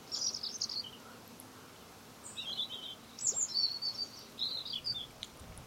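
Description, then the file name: European robin: high, sparkling warbled phrases in several bursts with brief pauses between them. "Erithacus rubecula"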